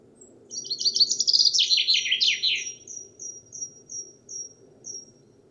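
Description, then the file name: Common chaffinch song, a fast descending rattling trill with a final flourish, followed by a run of thin high ticks repeated about three times a second. "Fringilla coelebs"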